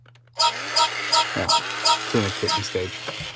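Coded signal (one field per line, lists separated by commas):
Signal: none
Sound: a toy robot's beeps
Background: speech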